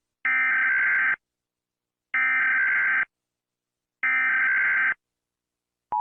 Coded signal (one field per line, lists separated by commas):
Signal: Emergency Alert System (SAME) tones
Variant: header bursts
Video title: When EAS Alarms 1 (Read Desc)